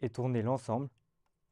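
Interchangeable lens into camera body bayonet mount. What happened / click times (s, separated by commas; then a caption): Handled, not yet home: no locking click is heard / none. An interchangeable lens is lined up with the white mark on the lens and the red mark on the camera body, then twisted into the body's bayonet mount while someone talks. No click is heard, and the bayonet has not yet locked or seated. Quiet follows for the last half second.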